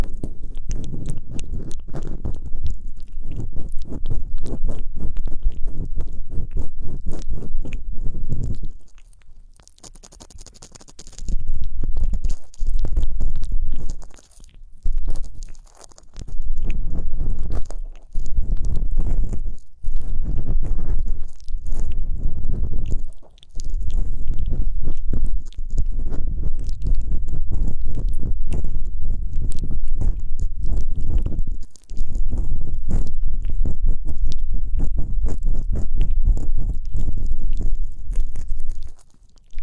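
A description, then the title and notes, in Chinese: Ear cleaning recorded very close to the mic: dense, muffled scraping and rubbing with a deep, rumbling body and crisp crackles on top. The activity comes in long stretches broken by brief pauses, around 9, 14, 20, 23 and 32 seconds. 黏腻腻的棉签助眠掏耳。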